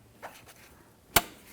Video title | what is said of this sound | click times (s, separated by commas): How to Replace Power Steering Pressure Line Hose Assembly 2006-2010 Hummer H3 | You're going to hear and feel it snap into place. | 1.2 s